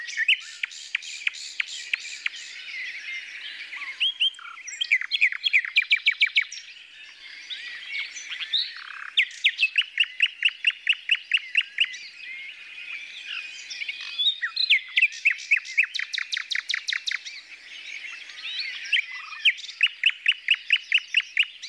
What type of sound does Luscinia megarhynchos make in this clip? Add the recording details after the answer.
song. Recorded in the wild. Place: Merdingen bis Ihringen / Kaiserstuhl, Baden-Württemberg, DE. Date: 1982-05-02. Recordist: Schwarz, Dieter